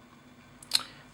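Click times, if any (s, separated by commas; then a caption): 0.6 s, 0.8 s. A plastic gauge pod with built-in radiused spring clips is pressed into the dash vent opening of a Vanagon, the clips squeezing as it goes in. A faint click at 0.6 s is followed by a sharper, louder snap at 0.8 s as the clips snap into place. The pod is seated and holds secure.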